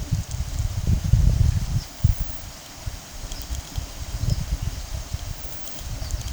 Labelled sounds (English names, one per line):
none